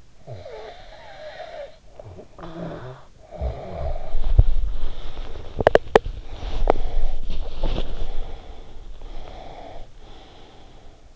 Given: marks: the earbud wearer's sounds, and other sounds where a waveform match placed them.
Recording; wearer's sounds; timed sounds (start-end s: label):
sounds in sleep by an in-ear microphone; snoring breath, teeth grinding, breath
0.00-6.00 s: snoring breath
5.48-6.92 s: teeth grinding
6.17-11.16 s: breath